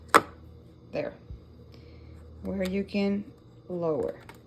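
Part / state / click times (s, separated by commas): brewer handle closing over the pod holder of a single-serve coffee maker / not seated / none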